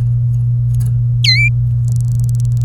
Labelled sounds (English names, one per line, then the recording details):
Domestic Canary song
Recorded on 24 April 2018 at 10:51
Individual llb3